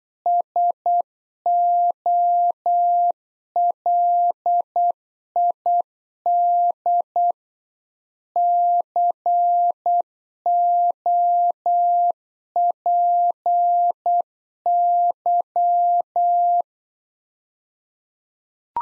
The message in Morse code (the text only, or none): SOLID COPY